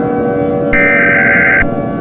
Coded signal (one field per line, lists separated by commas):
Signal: Emergency Alert System (SAME) tones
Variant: header bursts